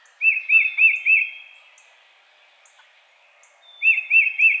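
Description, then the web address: Tufted titmouse gives a bright phrase of four rising-falling whistles, pauses, then repeats with three more, against a quiet background with faint high chirps. Recorded 22 March 2007. "Tufted Titmouse 2007 03 22"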